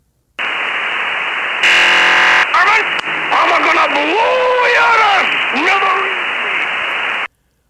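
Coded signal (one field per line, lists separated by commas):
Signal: numbers station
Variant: Yosemite Sam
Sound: radio hiss, a short buzzy multi-tone data burst, then a brief voice clip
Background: radio static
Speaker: the broadcast moves to the next frequency and repeats here's a sample transmission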